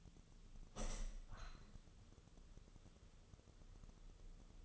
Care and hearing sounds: daily activity, microphone in the room; open window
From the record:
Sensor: 4

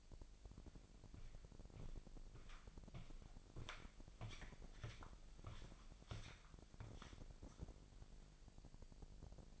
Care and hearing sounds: daily activity, microphone in the room; walk to room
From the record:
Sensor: 5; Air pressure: 1002.1 hPa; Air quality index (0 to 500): 248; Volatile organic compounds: 7 ppm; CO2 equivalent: 2004 ppm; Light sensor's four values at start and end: 34/81/33/35 and 34/79/33/35

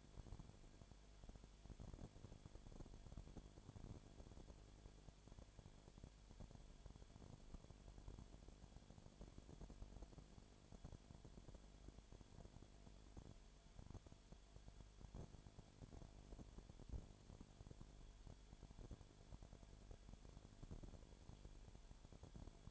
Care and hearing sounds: daily activity, microphone in the room; no activity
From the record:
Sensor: 5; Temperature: 20.0 degrees Celsius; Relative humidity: 37.1%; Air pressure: 1007.4 hPa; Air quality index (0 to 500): 84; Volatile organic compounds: 1 ppm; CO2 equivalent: 955 ppm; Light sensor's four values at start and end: 2/3/1/1 and 2/3/1/1

